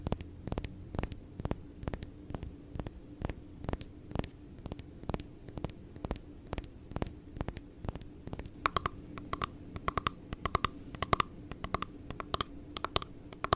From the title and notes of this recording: Blue yeti microphone. Asmr tapping.